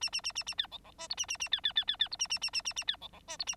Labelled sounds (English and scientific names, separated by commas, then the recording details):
Bengalese Finch (Lonchura striata domestica) song
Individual Bird9